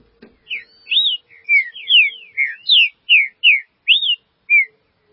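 Green-winged saltator whistled song, varied rising and falling notes given rapidly, with a faint steady hum and a click at the start.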